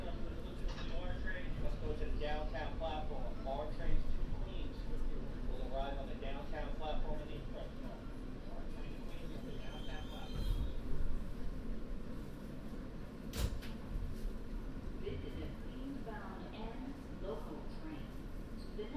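A binaural recording of a city commute: people talk over a constant low rumble of a moving train, with a sharp clank near 13 seconds.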